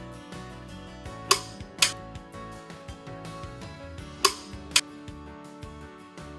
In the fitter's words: And finally, I firmly fixed the bolt with the torque wrench bar after I had it adjusted to appropriate torque until it clicks.